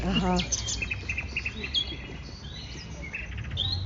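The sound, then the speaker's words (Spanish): A medley of night bird calls: repeated short high chirps and whistled notes in brief bursts, with a low rumbling background throughout and a few harmonic calls at the start. “Ahora, en contraste, estamos escuchando una compilación de pájaros nocturnos.”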